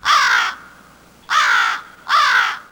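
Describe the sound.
Crow cawing, three loud harsh caws, each about half a second long, the first followed by a pause and the last two close together.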